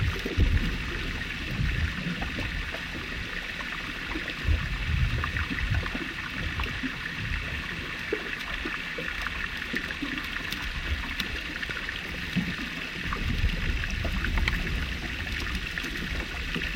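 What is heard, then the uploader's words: Underwater recording in a glacier lagoon, with floating ice bumping and knocking together. A dense, steady bed of low rumbles and thuds runs throughout, scattered with frequent small clicks and crackles, and a constant bright fizzing hiss sits high above. Hydrophone recording of Jökulsárlón glacier lagoon in southern Iceland, with numerous bits of ice floating by and crashing into one another. Recorded with Aquarian H2a hydrophones in pseudo-stereo mode and Sound Devices Mixpre 6 ii recorder. Glacier Lagoon Hydro Soundscape.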